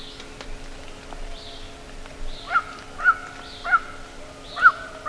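Bird call series: quiet at first, then short arched notes begin halfway through and repeat about every half second, over soft higher calls and a low hum.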